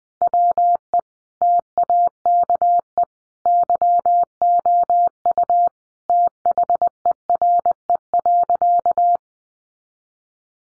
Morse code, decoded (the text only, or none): WE TAKE YOU THERE.